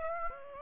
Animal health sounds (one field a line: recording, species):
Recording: mosquito wingbeat signal from an infrared sensor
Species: Aedes aegypti